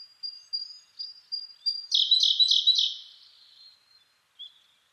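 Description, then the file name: Siberian blue robin song: a few thin, high introductory notes, then a loud, dry, rapid trill fading into one last soft note. Recorded 2 June 2010 at 08:36. "koruri-20100602-0836"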